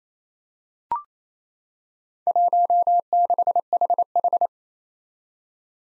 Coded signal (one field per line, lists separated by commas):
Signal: Morse code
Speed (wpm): 27 wpm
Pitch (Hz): 700 Hz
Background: none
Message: 16HH